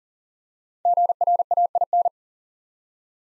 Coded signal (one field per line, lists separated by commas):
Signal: Morse code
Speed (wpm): 38 wpm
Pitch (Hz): 700 Hz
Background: none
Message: GRAIN